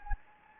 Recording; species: mosquito wingbeat signal from an infrared sensor; Anopheles gambiae